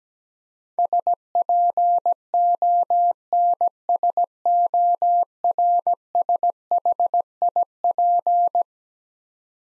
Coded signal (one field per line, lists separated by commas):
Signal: Morse code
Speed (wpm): 17 wpm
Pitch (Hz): 700 Hz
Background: none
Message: SPONSORSHIP